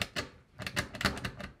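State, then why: Not seated. The kill bar of a tube-style plastic mousetrap is pushed back against two springs with two hands toward its setting mechanism. A rapid series of sharp, dry plastic ticks and taps is heard, with the strongest knocks at about 0.0, 0.2, 0.7, 0.8 and 1.7 seconds. Nothing has latched or clicked into place yet.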